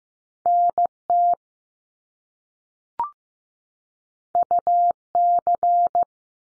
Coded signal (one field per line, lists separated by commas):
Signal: Morse code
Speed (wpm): 15 wpm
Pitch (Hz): 700 Hz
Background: none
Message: N TU C